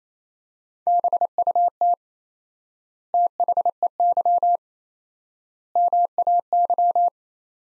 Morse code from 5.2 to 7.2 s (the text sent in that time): MAY